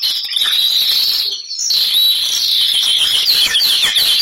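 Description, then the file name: Bernois canary with a sustained high rolling trill almost throughout, dipping only briefly near the middle. Bernois breed canary, singing. "canto do canario bernois"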